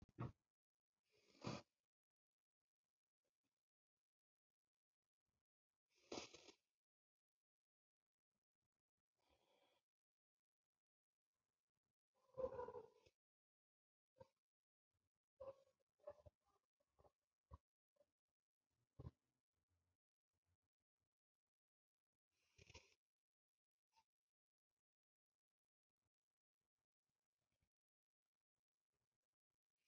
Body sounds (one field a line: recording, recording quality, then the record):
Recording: deep breathing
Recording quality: excellent, no background noise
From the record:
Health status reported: healthy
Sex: male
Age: 28 years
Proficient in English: yes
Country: India